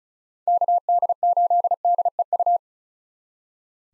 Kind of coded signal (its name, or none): Morse code